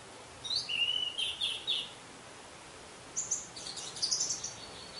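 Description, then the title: Orange-headed thrush song: a whistled, slurred phrase in the first two seconds, a pause, then a high rapid twittering phrase. "Anis Merah"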